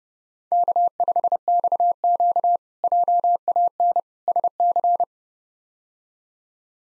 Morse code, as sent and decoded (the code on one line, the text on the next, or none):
-.- ..... -..- --.- / .--- .- -. / ... -.-.
K5XQ JAN SC